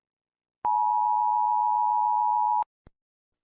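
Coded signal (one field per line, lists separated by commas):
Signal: Emergency Alert System (SAME) tones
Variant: 853 and 960 Hz attention tone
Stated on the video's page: Simulated EAS scenario, not a real alert.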